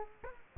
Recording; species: mosquito wingbeat signal from an infrared sensor; Culex quinquefasciatus